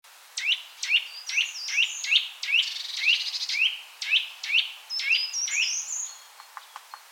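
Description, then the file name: Eurasian nuthatch giving a quick series of short, rising whistled notes, about two each second. "Sitta europaea"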